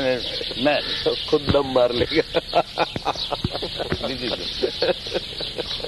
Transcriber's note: laughter